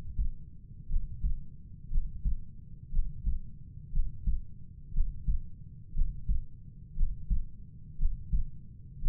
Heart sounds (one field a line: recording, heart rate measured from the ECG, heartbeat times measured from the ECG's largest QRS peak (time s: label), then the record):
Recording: heart sounds by stethoscope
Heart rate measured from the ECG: 59 bpm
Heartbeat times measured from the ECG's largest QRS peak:
0.88 s: heartbeat
1.90 s: heartbeat
2.91 s: heartbeat
3.92 s: heartbeat
4.93 s: heartbeat
5.94 s: heartbeat
6.95 s: heartbeat
7.97 s: heartbeat
9.01 s: heartbeat
From the record:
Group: healthy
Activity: breath hold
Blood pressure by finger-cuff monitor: 88/44 mmHg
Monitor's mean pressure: 53 mmHg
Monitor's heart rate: 59 bpm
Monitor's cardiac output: 4.7 L/min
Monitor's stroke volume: 80 mL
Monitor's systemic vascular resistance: 760 dyn s/cm5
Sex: male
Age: 25 years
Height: 170 cm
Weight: 70.4 kg